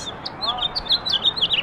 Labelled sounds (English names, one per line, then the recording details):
House Finch song
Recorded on Long Island, New York, on 18 April 2012
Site GC
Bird A